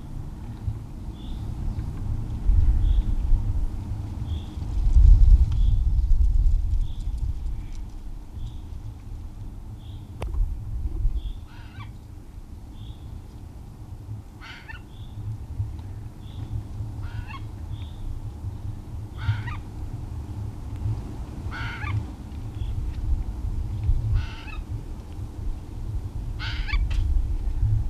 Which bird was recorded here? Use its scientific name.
Garrulus glandarius